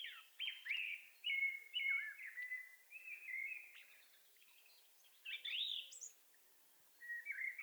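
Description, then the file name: Common blackbird song of rich whistled notes in quick succession, with a thin squeaky rising twitter later on and a fluted note at the close. "Turdus merula"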